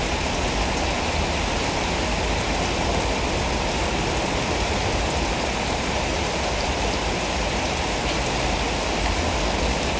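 Rain falls steadily and densely, a continuous hiss of countless drops with no pauses or swells across the whole stretch. The sound is full, spread from a low rumble up to a bright, airy top, with only faint individual drop ticks standing out.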